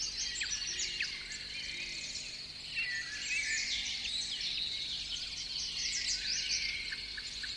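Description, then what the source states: Birds form a dense chorus of high trills and chirps, with a few distinct sharp notes standing out late. Morning.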